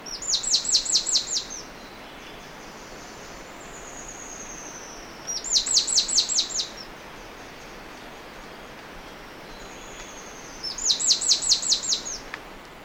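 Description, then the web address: Russet antshrike calls in three high, rapid bursts of sharp notes, spaced roughly five seconds apart over a steady background hiss. Recorded in Ecuador. "S America Birds of Ecuador. Russet Antshrike"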